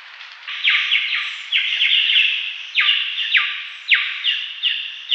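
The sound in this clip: Sri Lanka myna calling in a quick, uneven series of bright, harsh notes, each sliding sharply downward, sometimes in close pairs.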